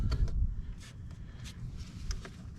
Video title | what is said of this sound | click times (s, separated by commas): Tilt and Trim Switch on the outboard and the control box. | and this should just snap in place there she goes | 2.1 s